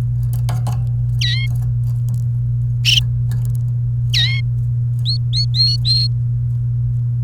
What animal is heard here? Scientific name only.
Serinus canaria